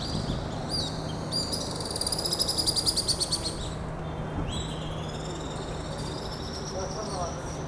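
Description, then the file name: Swift give shrill, buzzy screaming trills in overlapping bursts, one loud pulsing run in the middle, over a steady low rumble of background noise. Swift calls soundscape, August 2019. "2019 08 swift calls soundscape"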